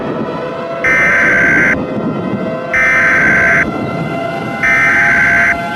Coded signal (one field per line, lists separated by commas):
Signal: Emergency Alert System (SAME) tones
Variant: header bursts